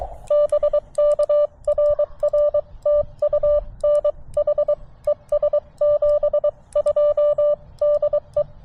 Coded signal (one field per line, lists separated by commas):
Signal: Morse code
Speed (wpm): 22 wpm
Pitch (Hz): 590 Hz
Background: none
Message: BK RR TU NH ES 72 DE